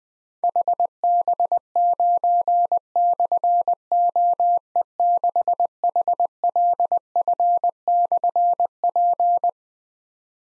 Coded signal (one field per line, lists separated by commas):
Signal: Morse code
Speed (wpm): 20 wpm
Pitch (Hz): 700 Hz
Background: none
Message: HB9/OE6HLF/P